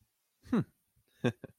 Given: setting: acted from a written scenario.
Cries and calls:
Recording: vocal sound without words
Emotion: pride

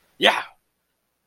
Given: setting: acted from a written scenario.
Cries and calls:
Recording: vocal sound without words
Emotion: triumph

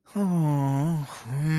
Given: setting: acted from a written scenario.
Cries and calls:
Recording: vocal sound without words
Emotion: embarrassment

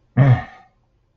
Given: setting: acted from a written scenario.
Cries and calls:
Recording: vocal sound without words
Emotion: pain

